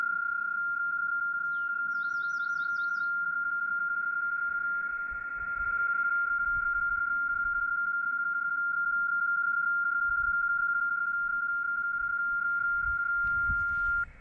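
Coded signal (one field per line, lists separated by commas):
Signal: PSK31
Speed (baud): 31.25 baud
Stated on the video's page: PSK31 sent during a Summits on the Air activation.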